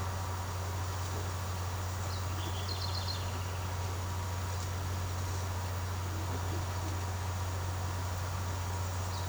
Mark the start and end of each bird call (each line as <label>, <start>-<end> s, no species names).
bird call, 2.19-3.39 s